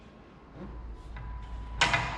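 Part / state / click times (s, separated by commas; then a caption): rotation lock on a vacuum panel lifter head / seated / 1.8 s. The rotation lock on a vacuum panel lifter head, carrying a cladding panel, is turned further by hand with a soft low rumble and faint movement noise, then clicks into place. A sharp metallic click at 1.8 s marks the latch seating, locking the head in the upright position.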